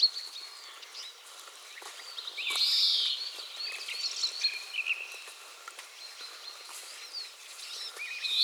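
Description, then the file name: European greenfinch giving a single buzzy wheeze early on, amid thin chirps and twitters. "Chloris chloris"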